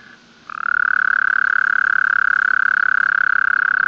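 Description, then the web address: Toad delivering a sustained, fast pulsed trill at an unchanging pitch, starting sharply after half a second and continuing to the end. "Bufonidae"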